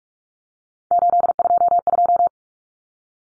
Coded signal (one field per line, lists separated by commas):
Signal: Morse code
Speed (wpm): 44 wpm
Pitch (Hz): 700 Hz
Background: none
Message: 822